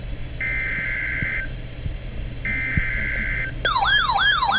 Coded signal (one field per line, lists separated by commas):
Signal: Emergency Alert System (SAME) tones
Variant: header bursts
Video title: One too many watches... | EAS #530-557 (Severe Weather Alerts from 5/26-27/2024)